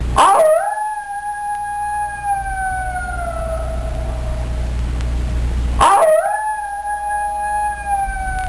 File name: Coyote